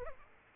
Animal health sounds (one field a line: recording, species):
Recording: mosquito wingbeat signal from an infrared sensor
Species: Aedes aegypti